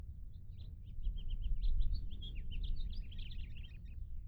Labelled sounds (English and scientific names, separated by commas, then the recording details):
House Finch (Haemorhous mexicanus) song
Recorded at Hewlett Harbor on Long Island, New York, on 10 June 1975
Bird B